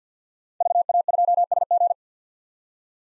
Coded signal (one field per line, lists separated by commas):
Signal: Morse code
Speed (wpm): 47 wpm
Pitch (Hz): 700 Hz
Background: none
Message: VA2SG